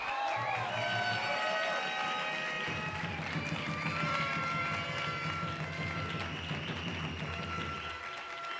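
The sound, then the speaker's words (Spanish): An audience applauds steadily for several seconds, a dense wash of clapping and crowd noise that holds loud throughout, with music playing underneath, before dropping off near the end. “Dale un fuerte aplauso a todos ellos, por favor.”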